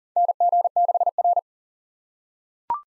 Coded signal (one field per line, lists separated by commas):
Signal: Morse code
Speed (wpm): 40 wpm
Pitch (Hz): 700 Hz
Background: none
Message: NG6R